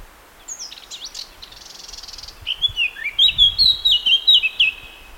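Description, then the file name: Eurasian blackcap song: a soft scratchy warble builds into a loud run of clear, fluty whistled notes. "Sylvia atricapilla"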